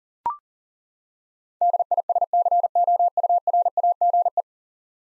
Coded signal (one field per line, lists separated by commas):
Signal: Morse code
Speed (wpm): 40 wpm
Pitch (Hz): 700 Hz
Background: none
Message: DISCOURAGE